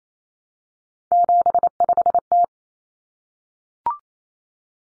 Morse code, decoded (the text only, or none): 75T